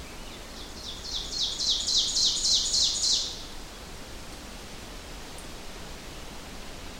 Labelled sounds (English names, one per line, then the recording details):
Ovenbird song
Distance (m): 20 m
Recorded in boreal forest in Alberta, Canada, on 4 June 2016 at 08:21
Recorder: SongMeter 3, array SBT-3-51
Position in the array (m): 261 m, 118 m
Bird 28